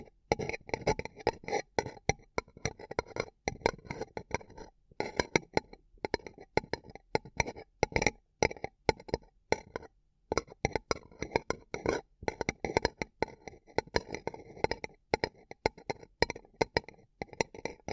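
Tapping, crinkling and scratching on a paper cup, in quick, uneven bursts of dry clicks and crackles. The sounds are dense and bright, with brief pauses around 5, 10 and 12 seconds before the steady fiddling resumes.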